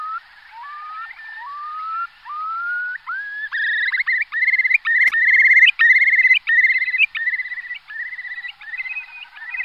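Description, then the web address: Eurasian curlew song: slurred whistles rising in pitch, repeated and speeding up, building into a loud bubbling, warbling series of rapid notes. "Cursus Vogelzang Wulp"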